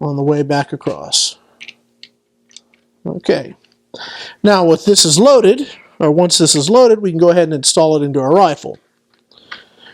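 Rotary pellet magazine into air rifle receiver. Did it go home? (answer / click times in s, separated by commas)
yes / 9.5 s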